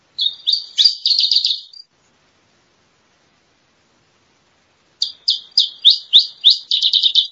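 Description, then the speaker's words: Iberian Chiffchaff song: two high, sharp phrases, slow separate notes speeding into a rapid jumbled run, with a few seconds of silence between phrases. Male song. "Mosquitero ibérico, canto del macho."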